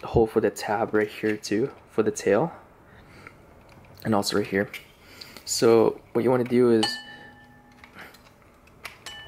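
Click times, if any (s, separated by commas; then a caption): 8.9 s. A plastic tail is pushed into a hole in the body of a Transformers Masterpiece Beast Wars Dinobot MP-41 transforming action figure so the tab on top catches, while someone talks about the tab and the hole. After some light plastic handling ticks, the tab clicks into place at 8.9 s and the tail seats.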